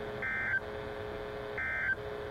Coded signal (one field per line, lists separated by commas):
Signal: Emergency Alert System (SAME) tones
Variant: end-of-message bursts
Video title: Birthday Required Weekly Test on WXL25 Missoula (EAS #89)